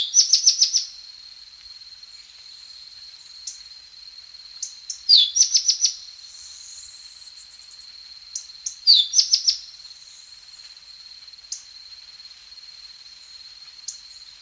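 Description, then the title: Tepui brush finch song: bursts of four or five high, sharp notes, twice led by a quick falling sweep, over a steady high insect-like drone. "LuckyPassaro Completos2Sama. Tepui Brush Finch"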